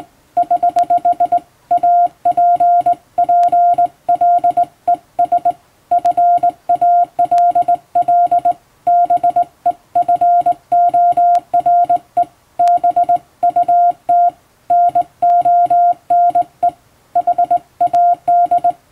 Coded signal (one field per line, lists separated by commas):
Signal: Morse code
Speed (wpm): 20 wpm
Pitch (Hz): 700 Hz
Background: none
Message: <HH> APPLES FALL BEFORE BUT NONE HAD